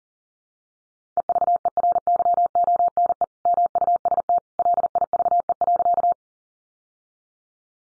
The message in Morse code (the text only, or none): EVERYONE MUST LIVE.